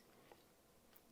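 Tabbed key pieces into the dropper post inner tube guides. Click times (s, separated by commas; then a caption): 1.0 s. Tabbed key pieces, flipped upside down, are pushed into the inner tube guides of a Giant Contact Switch dropper post during a service. A brief soft tick is heard at 0.3 s, followed by a faint, sharp snap at 1.0 s as the keys lock into place and seat.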